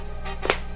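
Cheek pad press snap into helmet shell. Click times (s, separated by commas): 0.5 s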